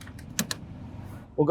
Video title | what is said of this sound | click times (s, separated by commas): 2010-2013 Lexus GX Upgrade Kit - CarPlay & Android Auto Installation Guide | from the outside in, we'll snap it into place. | 0.4 s, 0.5 s